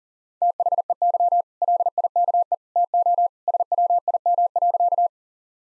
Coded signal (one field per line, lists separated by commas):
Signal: Morse code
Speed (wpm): 40 wpm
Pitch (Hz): 700 Hz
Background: none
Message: THEY LIKE TO SWIM.